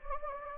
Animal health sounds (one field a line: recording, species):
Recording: mosquito wingbeat signal from an infrared sensor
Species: Anopheles gambiae